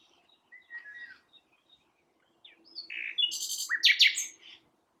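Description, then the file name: Common nightingale singing, a quiet whistled note first, then a loud burst of harsh rattles, chattering trills and sweeping whistles after a short gap. "Luscinia megarhynchos"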